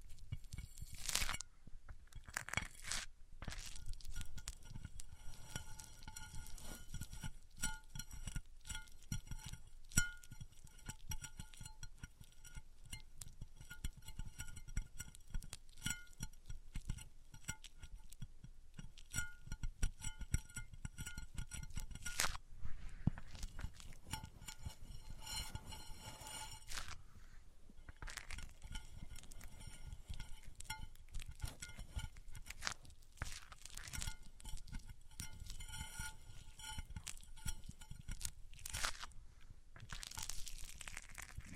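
A microphone rubbed across surfaces makes continuous scraping and crunching with frequent sharp clicks, brief bright bursts near 3, 22, 27 and 38 seconds.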